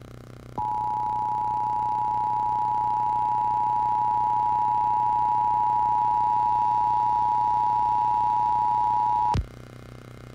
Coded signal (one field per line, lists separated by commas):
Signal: Emergency Alert System (SAME) tones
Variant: 853 and 960 Hz attention tone